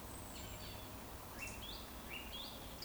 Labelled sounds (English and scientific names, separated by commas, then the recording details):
Eurasian Woodcock (Scolopax rusticola) whistle
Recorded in Baden-Württemberg, Germany, on 12 June 2020 at 20:08 UTC
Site 14569, 102 m above sea level